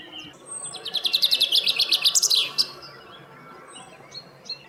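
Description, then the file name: Common chaffinch song: one bright, rattling phrase of quick descending trills lasting under two seconds, ending in a sharp flourish, with faint chirps afterwards. "Fringilla coelebs"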